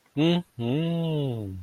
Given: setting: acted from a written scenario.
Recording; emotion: vocal sound without words; interest